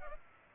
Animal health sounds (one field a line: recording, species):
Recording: mosquito wingbeat signal from an infrared sensor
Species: Culex pipiens